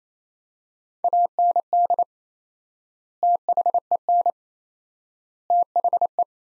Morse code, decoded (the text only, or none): AND THEN THE